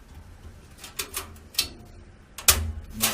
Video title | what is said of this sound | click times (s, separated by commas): 05 Install the Backplate & Motherboard | come in from inside and push through until you hear a click. Like that. Yep. | 2.5 s